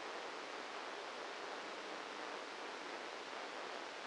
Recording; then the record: brain microelectrode recording played as sound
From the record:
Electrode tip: outside the subthalamic nucleus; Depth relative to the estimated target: 4 mm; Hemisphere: left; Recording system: NeuroSet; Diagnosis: Parkinson's disease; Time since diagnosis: 9 years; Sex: male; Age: 56 years